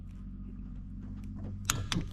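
A click-type torque wrench is turned on another spark plug in the aircraft engine of a Lake 200 seaplane during its annual maintenance, until it reaches its 380 inch-pound setting. Over a steady low hum, sharp clicks are heard at 1.7 s and 1.9 s, and the wrench clicks at its setting.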